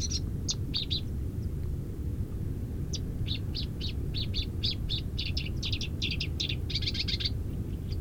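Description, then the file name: Black-browed reed warbler song, bursts of high scratchy chattering notes in rapid runs, sparse at first then denser, over a steady low rumble. Recorded 5 May 2012 at Changle, Fujian, China. "Black Browed Reed Warbler Song 120505 Fujian Changle"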